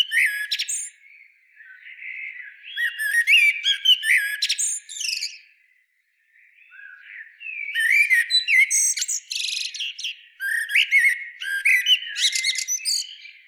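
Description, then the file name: Common blackbird song in two long bursts of mellow, varied warbling interlaced with high squeaky twitters, separated by a short silence. "Turdus merula"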